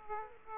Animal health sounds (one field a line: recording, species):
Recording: mosquito wingbeat signal from an infrared sensor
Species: Aedes aegypti